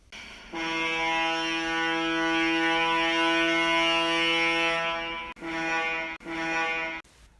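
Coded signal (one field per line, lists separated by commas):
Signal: ship horn signal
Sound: deep harmonic horn: one prolonged blast of about 5 seconds, then two short blasts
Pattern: 1 long, 2 short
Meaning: In restricted visibility, a vessel not under command, restricted in manoeuvring, constrained by draught, sailing, fishing, towing or pushing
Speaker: three blasts in succession namely one prolonged followed by two short blasts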